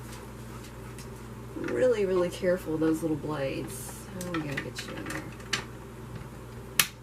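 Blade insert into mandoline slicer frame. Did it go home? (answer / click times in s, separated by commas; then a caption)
yes / 6.8 s. Someone talks while pushing a plastic V-blade insert into the frame of an OXO V-Blade mandoline slicer. A sharp snap at 6.8 seconds shows the insert seating in place.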